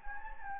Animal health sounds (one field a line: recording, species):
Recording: mosquito wingbeat signal from an infrared sensor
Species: Anopheles gambiae